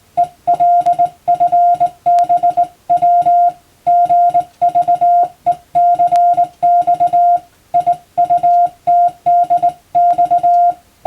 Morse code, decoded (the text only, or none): ELFBW GVECX IUTDX